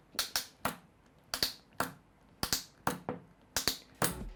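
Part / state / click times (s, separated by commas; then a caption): binding strap ratchet buckle on a short ski-skate / seated / 0.4 s, 1.4 s, 2.5 s, 2.9 s, 3.7 s, 4.0 s. The plastic ratchet buckle on the binding strap of a Snowfeet short ski-skate is tightened, giving a soothing series of sharp ratchet clicks at 0.4, 1.4, 2.5, 2.9, 3.7 and 4.1 seconds. The strap ends up cinched tight and seated.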